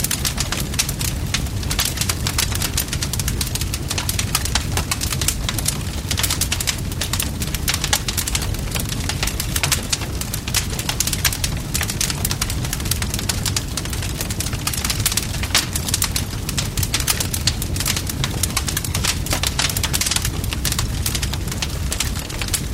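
Burning wood crackles and pops densely and without pause, with bright snaps throughout over a steady low rumble of the fire.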